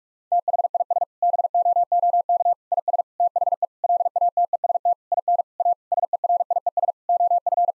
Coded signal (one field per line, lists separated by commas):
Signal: Morse code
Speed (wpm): 46 wpm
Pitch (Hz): 700 Hz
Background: none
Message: THIS BOOK IS THE LATEST IN A SERIES OF